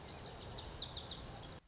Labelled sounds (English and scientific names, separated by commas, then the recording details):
Lazuli Bunting (Passerina amoena)
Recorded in Sonoma County, California